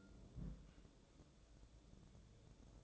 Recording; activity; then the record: daily activity, microphone in the room; place on stove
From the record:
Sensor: 3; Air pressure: 1008.1 hPa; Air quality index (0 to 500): 132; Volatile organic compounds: 2 ppm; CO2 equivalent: 1093 ppm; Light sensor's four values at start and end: 8/20/8/8 and 8/20/8/8